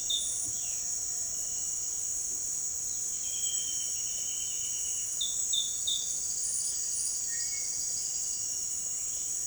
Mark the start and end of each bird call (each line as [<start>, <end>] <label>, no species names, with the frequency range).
[3.18, 5.13] bird call (1.8-4.0 kHz)
[7.21, 7.83] bird call (1.2-2.7 kHz)